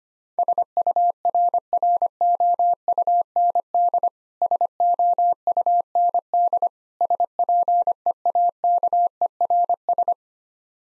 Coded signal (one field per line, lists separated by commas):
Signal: Morse code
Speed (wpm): 25 wpm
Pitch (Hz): 700 Hz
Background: none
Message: SURROUND SOUND SPEAKERS